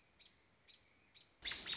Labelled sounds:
American Robin (Turdus migratorius)
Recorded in Sonoma County, California

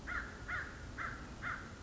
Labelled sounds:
American Crow (Corvus brachyrhynchos)
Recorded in Sonoma County, California

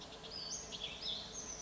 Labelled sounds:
Cassin's Vireo (Vireo cassinii)
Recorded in Sonoma County, California

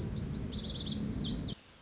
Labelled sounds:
Lazuli Bunting (Passerina amoena)
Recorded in Sonoma County, California

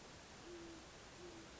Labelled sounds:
Great Horned Owl (Bubo virginianus)
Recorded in Sonoma County, California

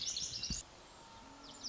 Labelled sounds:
Lazuli Bunting (Passerina amoena)
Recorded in Sonoma County, California

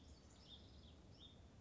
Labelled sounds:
Hutton's Vireo (Vireo huttoni)
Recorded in Sonoma County, California

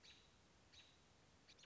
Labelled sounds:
American Robin (Turdus migratorius)
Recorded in Sonoma County, California

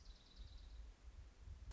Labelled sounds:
Orange-crowned Warbler (Leiothlypis celata)
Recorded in Sonoma County, California

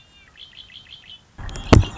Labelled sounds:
Red-winged Blackbird (Agelaius phoeniceus)
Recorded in Sonoma County, California

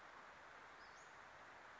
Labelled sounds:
Western Flycatcher (Empidonax difficilis)
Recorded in Sonoma County, California

